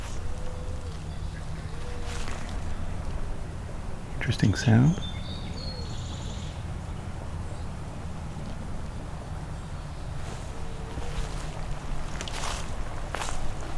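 Walking through the Beverly Swamp in spring, with a steady low rumble and hiss underneath. Short calls sound every couple of seconds, and a loud, sliding burst stands out near the five-second mark. Sharp clicks or knocks come around ten and twelve seconds.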